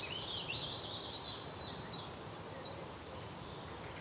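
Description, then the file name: Eurasian wren calling with several piercing high chips, each followed by a short buzzy tail, against faint hiss. "Troglodytes troglodytes"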